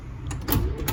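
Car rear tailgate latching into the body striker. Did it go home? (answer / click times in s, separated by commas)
yes / 0.9 s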